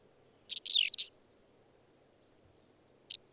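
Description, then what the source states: Whinchat song: one brief scratchy, warbled phrase of high notes, then the first notes of another, over a faint low hiss. Recorded in the mountains.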